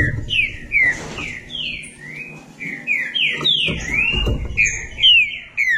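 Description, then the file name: Green-winged saltator song: a steady run of short whistled notes sweeping down and up. Low thumps and rumbling sound underneath. "canto do trinca ferro"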